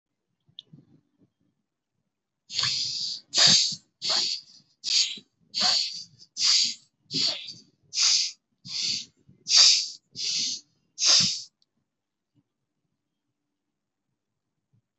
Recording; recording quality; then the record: shallow breathing; excellent, no background noise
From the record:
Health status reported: healthy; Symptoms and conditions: none ticked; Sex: male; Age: 27 years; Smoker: yes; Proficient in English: no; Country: India